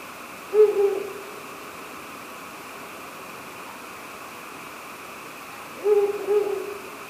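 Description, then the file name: Ural owl hooting: a low, steady hoot with a short tail near the start, then a matching hoot after a long pause, over a steady background hiss. "fukuro"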